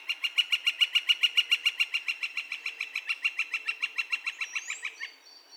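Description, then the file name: Northern flicker long call: a steady, rapid run of loud, even kek notes lasting about five seconds, with a thin rising whistle at the end. Recorded on 2 May 2020. "2020-05-02 Northern Flicker- Calls"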